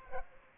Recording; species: mosquito wingbeat signal from an infrared sensor; Culex quinquefasciatus